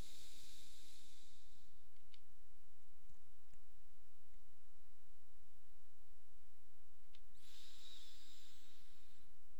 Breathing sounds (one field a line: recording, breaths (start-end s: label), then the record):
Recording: nose breathing near a microphone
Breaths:
0.00-1.99 s: exhalation
7.04-9.60 s: inhalation
From the record:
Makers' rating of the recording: medium